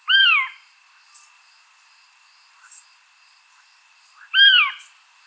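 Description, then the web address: Eurasian scops owl call: two short, mellow, slightly falling hoots about four seconds apart, over a steady high insect trill and a faint constant tone. "otus scops call"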